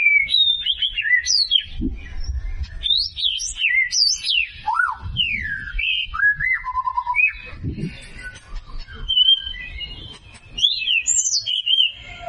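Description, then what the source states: White-rumped shama singing a varied series of loud whistled notes, rising and falling slurs and sharp upsweeps, phrases separated by brief gaps over faint low noise. Lure recording of a white-rumped shama in full song (gacor), meant to provoke an immediate response.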